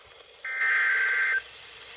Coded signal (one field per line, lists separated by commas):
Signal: Emergency Alert System (SAME) tones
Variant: header bursts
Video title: (DOUBLE HEADER) Severe Thunderstorm Warning+ Watch (5/30/17) (EAS #142-143)